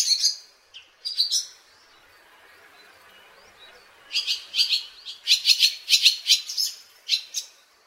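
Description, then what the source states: Barn Swallow twittering: short bursts of bright, scratchy chirps, a pause of a few seconds, then a longer run of rapid twitters. Japanese saying holds that business prospers when swallows build a nest.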